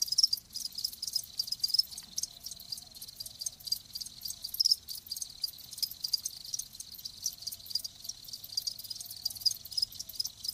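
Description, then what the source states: Crickets producing a softer, continuous high chirring, with a few brighter chirps standing out now and then. Live crickets chirping, as a sleep sound.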